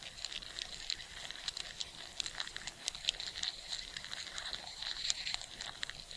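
Ants crackling: dense, rapid, irregular high ticks and rustles throughout, with brief faint squeaky tones scattered among them; no other clear sounds.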